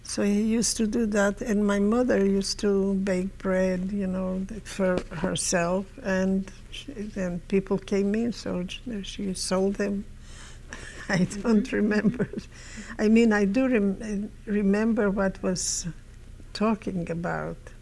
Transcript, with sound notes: he used to do that, and my mother used to bake bread, you know, for herself, and then people came in, so she sold them. ( she laughs ) I don't remember. I mean, I do remember what was talking about,